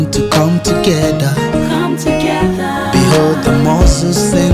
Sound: echo